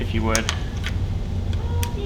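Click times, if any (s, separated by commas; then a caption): 0.9 s, 1.5 s, 1.8 s. An oxygen mask's bayonet fittings are pushed into the bayonet receivers of a pilot's helmet while someone talks. Three sharp clicks are heard at 0.9, 1.5 and 1.8 seconds. The mask seats correctly with the required three clicks.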